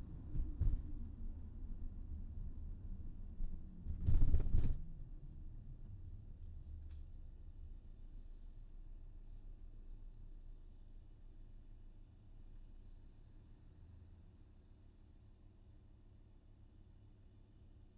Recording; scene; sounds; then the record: everyday scene through a hearing-aid microphone; in a vehicle; engine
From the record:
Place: VW T5 Caravelle, diesel engine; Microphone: in the ear canal, left